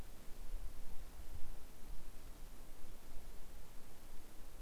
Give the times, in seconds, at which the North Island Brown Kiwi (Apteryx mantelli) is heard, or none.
none